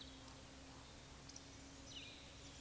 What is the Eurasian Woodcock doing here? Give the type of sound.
whistle, croak